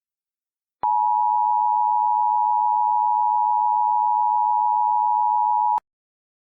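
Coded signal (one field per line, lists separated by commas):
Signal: Emergency Alert System (SAME) tones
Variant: 853 and 960 Hz attention tone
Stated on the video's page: Fictional EAS scenario, simulated alert.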